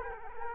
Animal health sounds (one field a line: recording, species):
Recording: mosquito wingbeat signal from an infrared sensor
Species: Culex quinquefasciatus